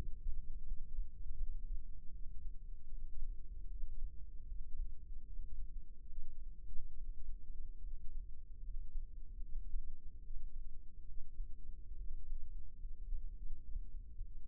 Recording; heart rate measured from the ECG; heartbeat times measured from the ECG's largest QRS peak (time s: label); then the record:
heart sounds by microphone in the left ear; 74 bpm
0.67 s: heartbeat
1.39 s: heartbeat
2.13 s: heartbeat
2.90 s: heartbeat
3.71 s: heartbeat
4.48 s: heartbeat
5.26 s: heartbeat
6.08 s: heartbeat
6.96 s: heartbeat
7.83 s: heartbeat
8.64 s: heartbeat
9.42 s: heartbeat
10.23 s: heartbeat
11.07 s: heartbeat
11.98 s: heartbeat
12.80 s: heartbeat
13.62 s: heartbeat
From the record:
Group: healthy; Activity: cold pressor test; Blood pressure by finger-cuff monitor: 108/71 mmHg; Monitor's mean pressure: 84 mmHg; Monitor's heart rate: 75 bpm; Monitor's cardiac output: 6.7 L/min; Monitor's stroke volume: 91 mL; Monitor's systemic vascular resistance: 910 dyn s/cm5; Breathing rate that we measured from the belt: 15 breaths a minute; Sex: male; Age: 22 years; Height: 181 cm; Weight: 79 kg